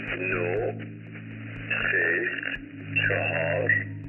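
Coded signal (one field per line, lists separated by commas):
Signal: numbers station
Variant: V32, Persian language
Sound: three spoken words, evenly spaced, over a band-limited radio channel with steady hum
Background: mains hum, radio static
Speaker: Listeners could only distinguish a list of seemingly random Persian numbers. Some were given in groups of five digits, others one by one, like this: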